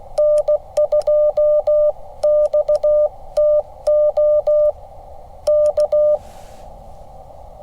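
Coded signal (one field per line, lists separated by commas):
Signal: Morse code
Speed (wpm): 16 wpm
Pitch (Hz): 600 Hz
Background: none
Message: N2XTO K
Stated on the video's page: CW on a Parks on the Air activation at a state park in New Jersey.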